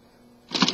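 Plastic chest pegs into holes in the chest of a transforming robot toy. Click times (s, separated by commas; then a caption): 0.6 s, 0.7 s. During the transformation of a plastic Robots in Disguise Optimus Prime robot toy, the pegs between the chest screws are pushed into the holes in the centre of the chest. After a quiet start, plastic handling noise rises around 0.5 s, followed by two sharp clicks at 0.6 s and 0.7 s as the pegs seat in the holes.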